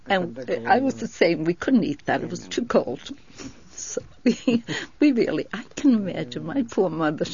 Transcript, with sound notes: And I was the same. We couldn't eat that. It was too cold. ( she laughs ) We really, I can imagine my poor mother.